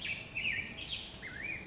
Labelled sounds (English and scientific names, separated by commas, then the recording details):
Black-headed Grosbeak (Pheucticus melanocephalus)
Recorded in Sonoma County, California